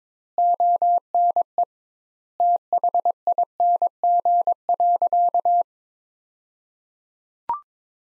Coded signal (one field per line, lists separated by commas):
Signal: Morse code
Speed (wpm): 22 wpm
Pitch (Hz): 700 Hz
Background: none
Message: ONE THING.